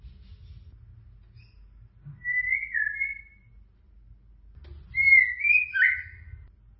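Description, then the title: White-rumped shama song, two rich whistled phrases a few seconds apart, over a low background hum. "Kicau Murai Batu"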